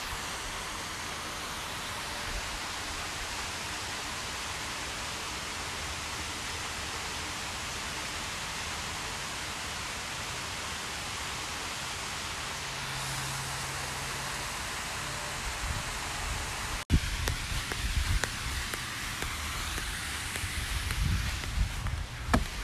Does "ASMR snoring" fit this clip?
no